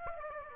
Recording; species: mosquito wingbeat signal from an infrared sensor; Aedes aegypti